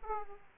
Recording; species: mosquito wingbeat signal from an infrared sensor; Aedes aegypti